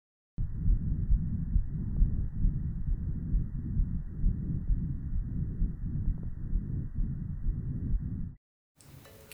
Normal lung sounds of a feeder calf. It can be hard to hear lung sounds in a healthy bovine patient.